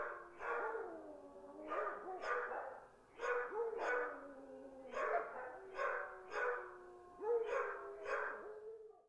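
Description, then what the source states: Dogs barking in short bursts of two or three, with brief pauses between. Distant dogs barking.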